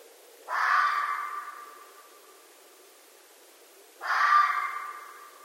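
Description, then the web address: Red fox screaming twice, each a harsh, hoarse wail lasting one to two seconds that starts abruptly and trails off, about three and a half seconds apart. Red fox recorded at night, dated 15 December 2011. "Red Fox 2011 12 15"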